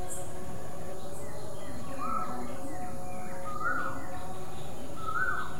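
Koel calling, three short upslurred whistled notes about one and a half seconds apart, with a steady hiss underneath.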